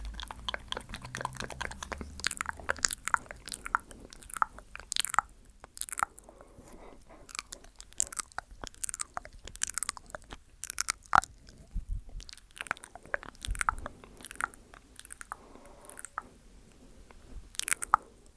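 Mouth sounds: a steady run of wet clicks, smacks and crunchy bites, packed closely together for the whole eighteen seconds. Sharp, bright snaps stand out every second or so, with a low rumble in the first few seconds and softer squishy chewing between.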